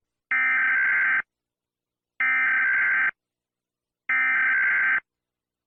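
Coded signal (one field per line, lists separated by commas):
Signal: Emergency Alert System (SAME) tones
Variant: header bursts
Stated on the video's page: Fictional scenario about poisonous air using valid EAS tones; not real, loud.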